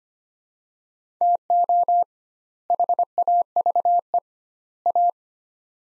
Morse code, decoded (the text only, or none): TO HAVE A